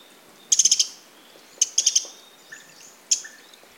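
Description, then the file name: Eurasian wren calling in short, rapid ticking rattles, three bursts, with faint thin whistled notes in the background. "Troglodytes troglodytes"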